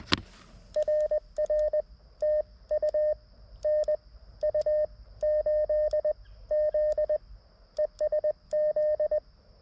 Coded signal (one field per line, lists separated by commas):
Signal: Morse code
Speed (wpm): 20 wpm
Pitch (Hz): 610 Hz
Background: none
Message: RR TU NU8Z ES Z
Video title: CW POTA at K-5088 with the MTR-4B and the WRC Sporty Forty antenna system